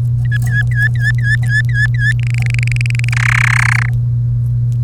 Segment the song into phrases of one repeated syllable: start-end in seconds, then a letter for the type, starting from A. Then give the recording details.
0.25-2.12 A, 2.20-3.09 B, 3.12-3.89 C. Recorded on 1 May 2018 at 07:23. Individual llb3